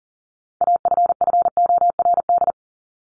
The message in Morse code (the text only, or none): AFFORD